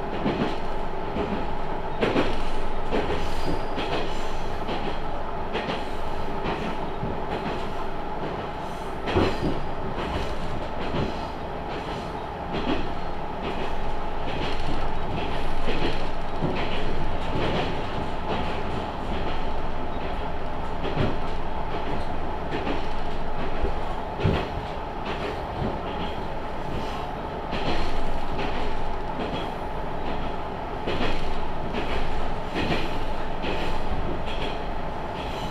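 A train on the Tenryu Hamanako Railway runs steadily, its motor giving a constant whining hum with a few tones held throughout. Frequent sharp clicks and knocks from the wheels and track cut through at irregular intervals, and the rumble stays even for the whole stretch.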